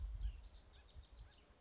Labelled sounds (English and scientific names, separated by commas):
House Wren (Troglodytes aedon)